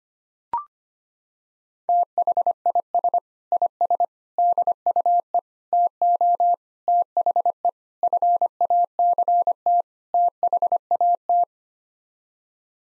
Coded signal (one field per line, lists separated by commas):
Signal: Morse code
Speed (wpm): 25 wpm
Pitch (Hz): 700 Hz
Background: none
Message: THIS IS DUE TO THE FACT THAT